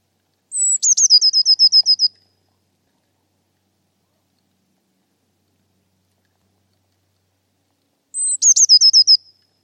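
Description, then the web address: Eurasian blue tit singing twice. Each time a thin, high drawn-out note is followed by a quick run of short, slightly falling notes, with silence between. "Deverinetal 2025 File origin Bird Only Cy Ca"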